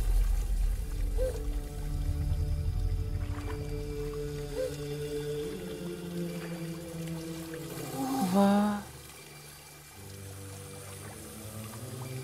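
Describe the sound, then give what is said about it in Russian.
Fountain water pours and splashes steadily over a hand a girl holds under the streams, beneath sustained, swelling musical tones, with a rising tonal sweep near the end and a brief spoken syllable. “Девочка подставляет его ладонь под струи воды.”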